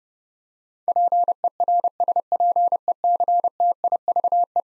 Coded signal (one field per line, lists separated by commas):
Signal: Morse code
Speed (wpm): 31 wpm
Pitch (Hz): 700 Hz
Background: none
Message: PERSPECTIVE